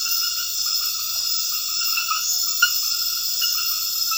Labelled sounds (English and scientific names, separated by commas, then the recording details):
none
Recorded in dense forest near Puerto Asís, Putumayo, Colombia, on 18 February 2024 at 00:30
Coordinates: 0.496, -76.326
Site G6383